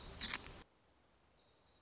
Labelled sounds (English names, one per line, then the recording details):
Black-throated Gray Warbler
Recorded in Sonoma County, California